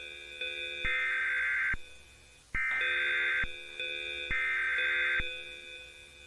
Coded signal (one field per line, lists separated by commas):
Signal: Emergency Alert System (SAME) tones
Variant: header bursts